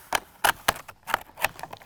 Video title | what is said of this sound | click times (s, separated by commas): How to Cut and Install Vinyl Siding - The Fixer Clips | Yeah, that's the snap you want. | 0.7 s